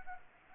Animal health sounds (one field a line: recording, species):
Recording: mosquito wingbeat signal from an infrared sensor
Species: Anopheles arabiensis